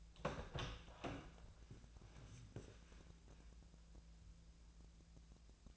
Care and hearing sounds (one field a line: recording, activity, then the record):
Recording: daily activity, microphone in the room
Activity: open door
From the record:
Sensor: 2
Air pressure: 1000.3 hPa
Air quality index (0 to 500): 166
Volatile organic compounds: 3 ppm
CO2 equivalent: 1382 ppm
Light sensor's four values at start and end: 10/24/10/11 and 10/24/10/11